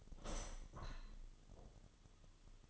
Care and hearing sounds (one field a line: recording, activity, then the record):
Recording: daily activity, microphone in the room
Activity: open window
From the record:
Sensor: 4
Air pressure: 1005.5 hPa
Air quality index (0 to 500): 95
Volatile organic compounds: 2 ppm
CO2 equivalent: 1174 ppm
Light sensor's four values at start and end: 13/29/11/11 and 13/29/11/11